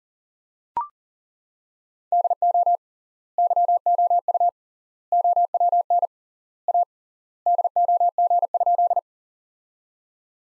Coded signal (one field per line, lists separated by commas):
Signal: Morse code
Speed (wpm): 40 wpm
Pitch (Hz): 700 Hz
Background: none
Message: DO YOU OWN A DOG?